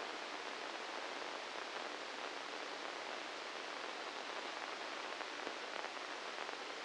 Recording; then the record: brain microelectrode recording played as sound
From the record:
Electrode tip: inside the subthalamic nucleus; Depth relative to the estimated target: 0 mm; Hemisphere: left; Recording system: NeuroSet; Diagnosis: Parkinson's disease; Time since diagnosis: 9 years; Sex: male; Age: 61 years